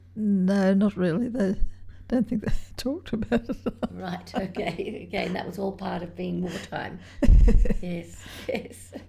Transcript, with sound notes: No, not really, I don’t think they talked about it [laughs]
Right okay, okay, and that was all part of being wartime? Yes, yes.